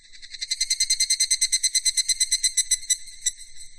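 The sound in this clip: Cicada call: rapid, pulsed high buzzing that builds, holds strongly, then breaks into a few scattered pulses near the end.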